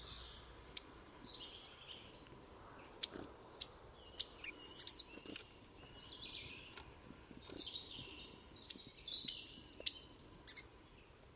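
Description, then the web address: Bird calling in three bursts of very high, rapid chirping notes separated by pauses. "Bird Only"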